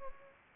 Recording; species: mosquito wingbeat signal from an infrared sensor; Anopheles arabiensis